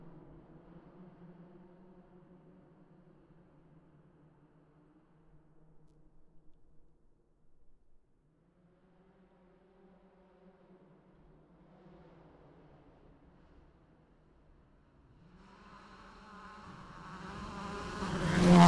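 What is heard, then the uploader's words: Tires being tested produce a steady, buzzing hum with layered tones, fairly quiet and even for the first seconds. It fades out briefly around eight seconds, then returns, and from about fifteen seconds it swells quickly louder and brighter into a harsh roar at the end. Brandon Semenuk testing tires in Travis Pastrana's Subaru just out side of Shelton, WA. Testing my new field recording setup with a boom pole and ORTF setup I made the night before. Trying out different polar patterns, angles and placements. Sound Designs 744t recorder set at 48/24 DIY shock mounts and boom pole.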